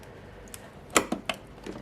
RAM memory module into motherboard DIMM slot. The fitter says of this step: hear that click let me just clicked in and repeat with